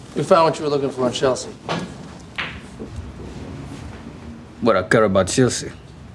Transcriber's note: soundbite of pool balls clacking